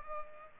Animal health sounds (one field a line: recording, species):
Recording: mosquito wingbeat signal from an infrared sensor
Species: Culex pipiens